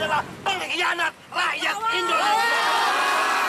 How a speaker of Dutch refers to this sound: Hij is een verrader van de Indonesiërs, roepen de demonstranten hier.